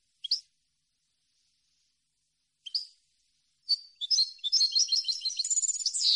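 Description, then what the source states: European goldfinch song: a few separate high chirps, then a fast tinkling, twittering run of liquid notes and buzzy trills from about four seconds on, against a silent background. Clean goldfinch song on CD, for birds to copy as song training.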